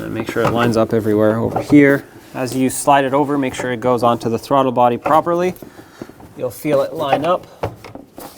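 An air intake duct, rubber or plastic, is slid over and lined up onto the throttle body inlet of a 2007-2014 Chevrolet Silverado 2500 HD 6.0L V8 while someone talks. Brief handling knocks come near 7.9 s and at 8.5 s as the clip ends, and nothing has seated or clicked yet.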